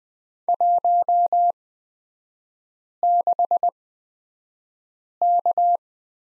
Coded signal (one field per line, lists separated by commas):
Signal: Morse code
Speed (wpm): 20 wpm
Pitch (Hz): 700 Hz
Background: none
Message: 16K